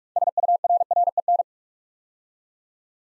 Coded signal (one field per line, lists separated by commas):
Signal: Morse code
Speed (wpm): 44 wpm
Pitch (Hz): 700 Hz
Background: none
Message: SURREN